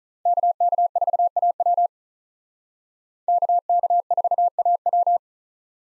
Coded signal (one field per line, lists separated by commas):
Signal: Morse code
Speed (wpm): 45 wpm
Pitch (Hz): 700 Hz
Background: none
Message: KK4AW KK4AW